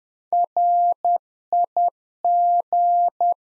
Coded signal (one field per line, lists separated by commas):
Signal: Morse code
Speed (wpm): 10 wpm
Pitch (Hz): 700 Hz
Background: none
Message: RIG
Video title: Practice QSO - Complete One-Sided - 10wpm